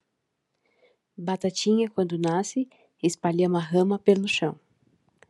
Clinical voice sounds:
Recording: short text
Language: Brazilian Portuguese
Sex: female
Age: 30 to 39 years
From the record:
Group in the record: control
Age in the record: 35 years

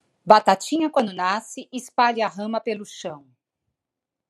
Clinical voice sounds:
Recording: short text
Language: Brazilian Portuguese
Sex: female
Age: 50 to 59 years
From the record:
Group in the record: control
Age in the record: 53 years

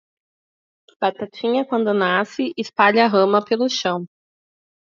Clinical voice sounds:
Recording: short text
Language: Brazilian Portuguese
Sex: female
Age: 30 to 39 years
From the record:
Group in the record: control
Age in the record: 30 years

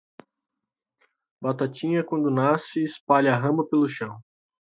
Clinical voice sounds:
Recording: short text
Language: Brazilian Portuguese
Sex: male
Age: 20 to 29 years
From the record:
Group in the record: control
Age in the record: 28 years

